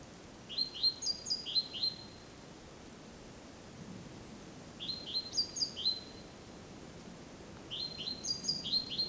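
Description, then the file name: Great tit producing three bursts of quick rising high notes, each a handful of chirps with a thin squeak on top, separated by short gaps. "Parus major"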